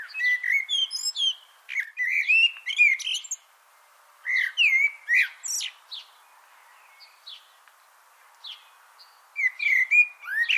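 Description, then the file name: Eurasian blackbird song: repeated short fluted warbling phrases with high twittery tails, separated by brief pauses and a few faint high notes. "Turdus merula"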